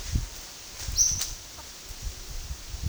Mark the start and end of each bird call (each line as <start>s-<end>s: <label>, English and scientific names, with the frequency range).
0.84s-1.13s: Yellow-margined Flycatcher (Tolmomyias assimilis) (3.5-6.5 kHz)